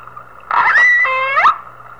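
Whale call: an one-second tonal squeal, rich in harmonics, that holds steady and then sweeps upward at the end.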